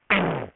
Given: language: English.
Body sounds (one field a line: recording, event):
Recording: throat vibration sensor signal played as sound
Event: throat clearing